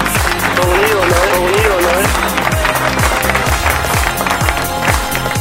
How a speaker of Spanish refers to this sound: ¡Aplausos! Todo un ídolo.